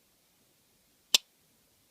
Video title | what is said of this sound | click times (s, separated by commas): Brous Blades T4 Flipper knife | see how it just snaps right in boom | 1.2 s